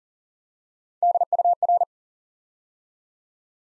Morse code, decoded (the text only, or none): DUR